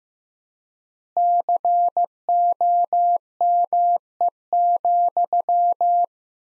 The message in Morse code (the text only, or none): COME,